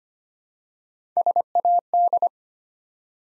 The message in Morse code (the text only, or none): SAD